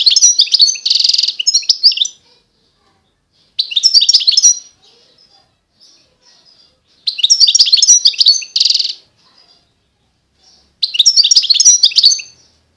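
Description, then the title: European goldfinch song: four bursts of fast twittering and buzzy chattering, each one to two seconds long, separated by pauses of roughly two seconds. Wild bird singing. "اجمل غناءالحسون الخلويchant chardonneret sauvage"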